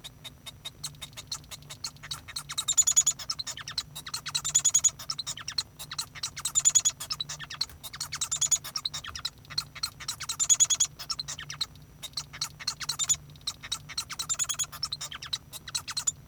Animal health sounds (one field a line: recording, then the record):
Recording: song of a male Bengalese finch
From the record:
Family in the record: son of father 1